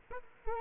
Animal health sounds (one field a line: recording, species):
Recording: mosquito wingbeat signal from an infrared sensor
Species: Culex quinquefasciatus